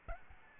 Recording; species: mosquito wingbeat signal from an infrared sensor; Aedes albopictus